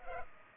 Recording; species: mosquito wingbeat signal from an infrared sensor; Culex pipiens